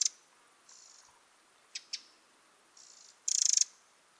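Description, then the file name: Eurasian wren producing a couple of sharp ticks, a soft buzz, two single clicks and another soft buzz, ending with a brief, loud rattling churr. "Troglodytes troglodytes"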